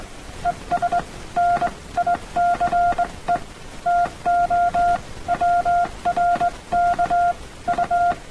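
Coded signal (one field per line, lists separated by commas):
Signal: Morse code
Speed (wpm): 20 wpm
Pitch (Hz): 700 Hz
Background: none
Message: ES NICE TO WRK U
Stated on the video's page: Hand-sent with a straight key (brass up-and-down key) on a CW net, recorded and checked for timing.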